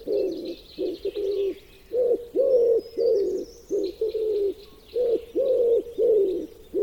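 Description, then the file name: Common wood pigeon cooing: low, hoarse coos in short rhythmic phrases with brief pauses, while faint high twittering of other birds runs behind. "Pigeon ramier"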